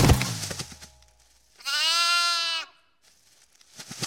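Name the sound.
sheep bleating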